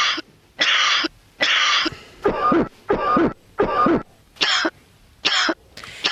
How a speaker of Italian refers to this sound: Abbiamo la tosse secca.